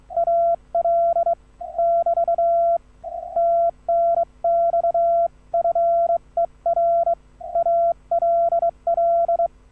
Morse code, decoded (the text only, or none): AL <BT> TNX FER ALL